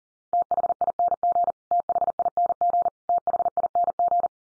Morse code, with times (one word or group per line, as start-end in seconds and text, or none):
0.3-1.5 THING
1.7-2.9 THING
3.1-4.3 THING